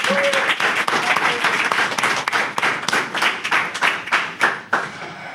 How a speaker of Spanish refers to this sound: Pues nada, chicos, un aplauso.